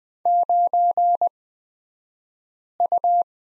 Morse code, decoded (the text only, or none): 9U